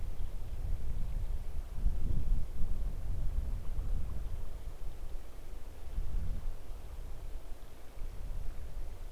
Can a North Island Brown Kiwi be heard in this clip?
no